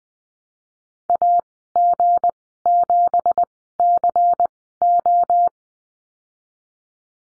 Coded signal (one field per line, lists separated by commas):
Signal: Morse code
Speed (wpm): 20 wpm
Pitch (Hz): 700 Hz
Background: none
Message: AG7CO